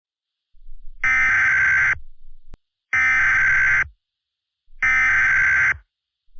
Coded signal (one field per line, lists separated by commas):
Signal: Emergency Alert System (SAME) tones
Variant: header bursts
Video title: EAS Mock - Tsunami in Alaska